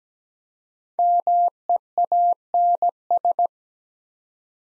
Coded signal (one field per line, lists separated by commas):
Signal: Morse code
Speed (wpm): 17 wpm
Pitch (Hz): 700 Hz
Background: none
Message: MEANS